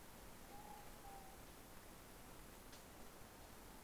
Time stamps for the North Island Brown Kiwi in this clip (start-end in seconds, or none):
none